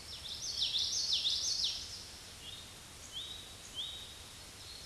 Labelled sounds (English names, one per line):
Common Yellowthroat song